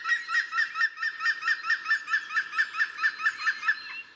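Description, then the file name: Woodpecker giving a long, evenly paced run of ringing whistled notes, holding the same pitch before stopping abruptly. "Specht"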